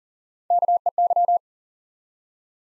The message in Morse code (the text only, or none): KEY